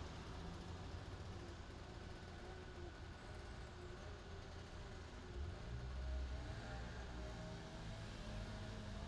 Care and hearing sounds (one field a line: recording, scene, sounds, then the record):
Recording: everyday scene through a hearing-aid microphone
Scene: in traffic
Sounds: traffic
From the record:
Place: main city hub, rush hour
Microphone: in the ear canal, left